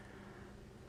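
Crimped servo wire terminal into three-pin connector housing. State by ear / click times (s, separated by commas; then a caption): not seated / none. Crimped metal servo-wire terminals are handled at a plastic three-pin connector housing, with a steady low hum and faint broadband noise throughout. Nothing has seated or clicked yet.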